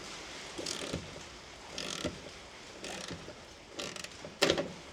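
A T40 Torx bit on a long-handled ratchet is turned against a steel Torx tie-down bolt in the bed of a Ford Ranger Raptor pickup. Several short bursts of ratcheting and creaking are followed by two sharp metallic cracks at 4.4 and 4.5 seconds. The bolt's Torx recess breaks and strips out, with metal breaking off inside the bolt.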